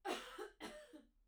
Cough.